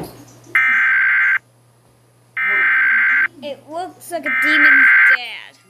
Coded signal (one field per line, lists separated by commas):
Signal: Emergency Alert System (SAME) tones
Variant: header bursts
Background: speech